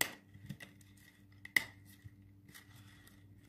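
A small glass mirror is pressed into a handmade Haft-sin mirror frame, with a sharp transient at the start followed by light handling taps and scrapes. It seats with a sharp, bright click at 1.6 s, after which the mirror sits firmly in place.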